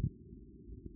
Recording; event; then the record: neck accelerometer signal played as sound; no cough (speech, laughter, throat clearing or background)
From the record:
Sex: male